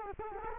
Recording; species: mosquito wingbeat signal from an infrared sensor; Culex quinquefasciatus